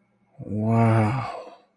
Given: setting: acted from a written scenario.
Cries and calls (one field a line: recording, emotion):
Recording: vocal sound without words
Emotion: awe